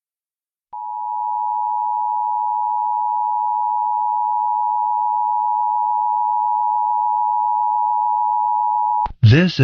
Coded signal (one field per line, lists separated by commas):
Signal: Emergency Alert System (SAME) tones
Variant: 853 and 960 Hz attention tone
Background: speech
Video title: (EAS) National Periodic Test (My 2nd Periodic Test Of The Year)